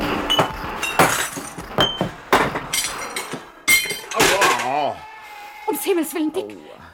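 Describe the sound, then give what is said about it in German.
Glass jars of preserves shot up by submachine-gun fire shatter in a rapid series of sharp, loud crashes and tinkling bursts, with bright broken-glass debris, before the smashing stops and a voice begins talking. “Das ganze Eingemachte haben sie zerschossen.”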